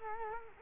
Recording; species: mosquito wingbeat signal from an infrared sensor; Culex quinquefasciatus